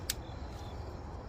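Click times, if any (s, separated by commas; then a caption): 0.1 s. A wiring harness connector is pressed onto an ignition coil pack on a Lexus IS350 during a spark plug change. A short, sharp click at 0.1 s shows the connector clicking in and seating, then only a low steady background hum remains.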